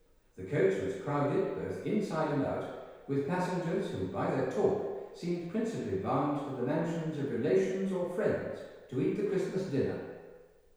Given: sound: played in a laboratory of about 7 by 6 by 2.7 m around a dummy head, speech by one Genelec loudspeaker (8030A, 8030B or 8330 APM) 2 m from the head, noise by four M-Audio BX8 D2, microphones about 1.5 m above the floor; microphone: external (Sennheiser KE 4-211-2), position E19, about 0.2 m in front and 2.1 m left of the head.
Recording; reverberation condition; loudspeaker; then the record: male speech in English; high; 30 degrees to the left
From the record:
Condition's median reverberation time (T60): about 1300 ms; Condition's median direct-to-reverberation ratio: about -4.0 dB